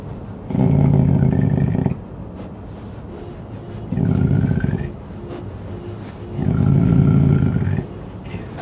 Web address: cougar